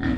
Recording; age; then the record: pig call; growing-finishing pig (85 days or more)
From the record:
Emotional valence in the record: negative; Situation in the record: barren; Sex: female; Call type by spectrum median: low-frequency call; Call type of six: low-frequency stable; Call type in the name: low-frequency stable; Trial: 1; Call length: 0.18 s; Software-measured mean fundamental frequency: 47 Hz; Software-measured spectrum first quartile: 199 Hz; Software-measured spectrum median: 324 Hz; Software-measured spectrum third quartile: 1170 Hz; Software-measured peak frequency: 261 Hz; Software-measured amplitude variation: 129 dB a second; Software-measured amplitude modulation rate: 25.3 a second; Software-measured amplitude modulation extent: 5.1 dB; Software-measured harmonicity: 2.7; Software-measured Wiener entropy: -2.24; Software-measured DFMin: 1797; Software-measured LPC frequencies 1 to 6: 290, 1334, 1825, 3392, 4077, 4684 Hz